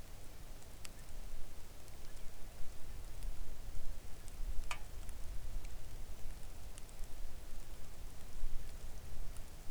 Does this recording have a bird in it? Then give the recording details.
no. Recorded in the Arctic National Wildlife Refuge, Alaska, on 3 August 2019 at 05:43. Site 41